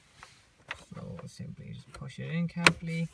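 A plastic trim piece is pressed into the Nissan Note's dashboard around a newly installed head unit and snaps into place with a sharp click at 0.7 s, confirming it is seated. Softer taps come before and after it, and then someone talks.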